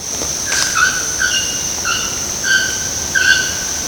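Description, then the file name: Bare-throated bellbird giving a series of clear, ringing metallic notes, one with an abrupt sharp onset, over a steady high insect whine. Recorded in Cantareira, São Paulo state, Brazil. "Procnias-nudicollis-PECantareira SP-BR. ASilveira"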